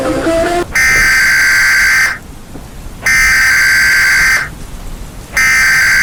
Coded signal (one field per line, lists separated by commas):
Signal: Emergency Alert System (SAME) tones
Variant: header bursts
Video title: Unknown Entity, EAS Scenario